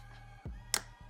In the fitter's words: La clé a claqué, je suis à 40 Nm, là on est bon.